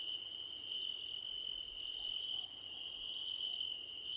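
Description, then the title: Cricket chorus with an unbroken shrill trill and a higher, rapidly pulsed trill. The pulsed trill pauses briefly twice. Faint intermittent middle tones also sound. Crickets calling at night under a starlit sky. "Nighttime Ambience with Crickets"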